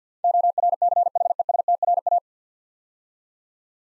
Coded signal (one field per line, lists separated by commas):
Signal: Morse code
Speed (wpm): 48 wpm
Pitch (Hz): 700 Hz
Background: none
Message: ORCHESTRA